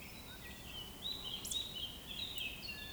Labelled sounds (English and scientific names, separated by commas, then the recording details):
Eurasian Woodcock (Scolopax rusticola) whistle
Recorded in Baden-Württemberg, Germany, on 19 May 2020 at 19:19 UTC
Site 31917, 145 m above sea level